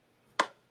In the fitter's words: It should lock into place. Listen to this. It should